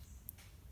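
The plastic wiring connector clip on a diesel injector of a Toyota Hilux Vigo Euro 3 with no EGR cooler is unplugged during EGR removal and injector replacement. A single sharp, bright click at 0.3 s stands out over a low background rumble. The clip releases open without breaking.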